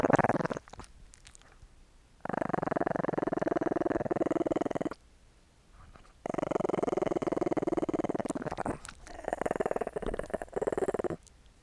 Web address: Sony Pictures Sound Effects Series Volume 1 Animals Dog Small Growling Licking